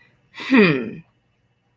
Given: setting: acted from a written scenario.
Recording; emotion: vocal sound without words; confusion